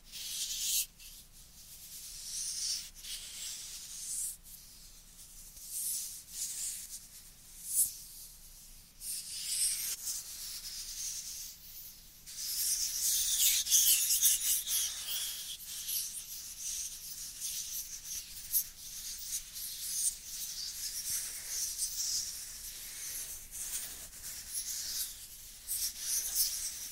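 Dry hands rubbing together in a steady, scratchy hiss, mostly bright and thin with little low end. The friction swells and fades in short strokes every second or so, growing denser and louder from about twelve seconds before easing back.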